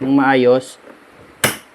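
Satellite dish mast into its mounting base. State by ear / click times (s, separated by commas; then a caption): seated / 1.4 s. Someone talks while a Starlink satellite dish mast is pushed into its mounting base. At 1.4 s the built-in lock engages with one sharp click, and the mast is locked in place.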